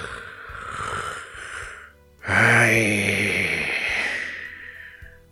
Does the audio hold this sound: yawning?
yes